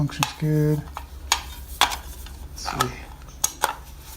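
A steel arm armor piece's latch is handled near its catch, with several sharp metallic clicks and taps around 1.3, 1.8, 3.4 and 3.6 seconds. Someone talks briefly near the start. Nothing has seated or clicked into place yet.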